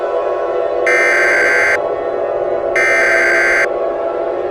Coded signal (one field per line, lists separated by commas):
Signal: Emergency Alert System (SAME) tones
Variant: header bursts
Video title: EAS Scenario: Back to School Chaos